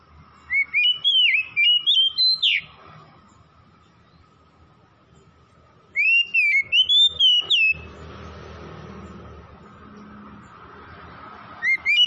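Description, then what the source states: Oriental magpie-robin song: quick bursts of clear, rippling whistled notes climbing and dipping in pitch, separated by a few seconds' pause, with a faint steady hum. Kacer from Tretes, singing vigorously (gacor).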